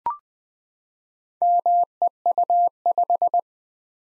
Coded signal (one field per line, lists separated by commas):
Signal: Morse code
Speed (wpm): 20 wpm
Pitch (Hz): 700 Hz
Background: none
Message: MEU5